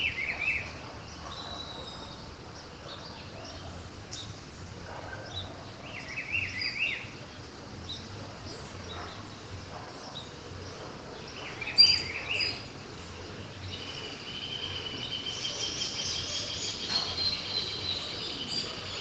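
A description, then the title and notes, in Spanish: Birds chirp in a backyard in Santa Rosa, Misiones, short bright calls scattered throughout, a steady insect trill rising near the end over soft background hum. Ruth Almada comparte con la audiencia global el sonido de los pájaros en su patio de Santa Rosa Misiones.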